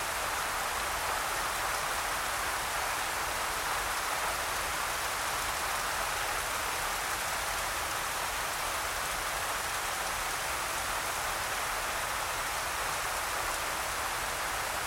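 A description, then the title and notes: Heavy rain pours down without a break, a dense, even hiss that fills the upper range and stays constant for the whole stretch. Countless drops blur into one bright wash, with only a thin, soft rumble underneath and no separate events standing out. Pouring Rain.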